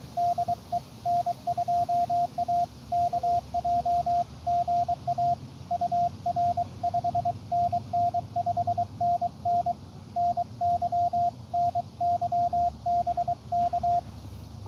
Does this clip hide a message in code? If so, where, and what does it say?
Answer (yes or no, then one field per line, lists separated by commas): yes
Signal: Morse code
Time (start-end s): 0.2-14.0 s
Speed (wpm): 23 wpm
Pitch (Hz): 700 Hz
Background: radio noise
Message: DE N2AKJ GA UR 5NN 5NN NY NY BK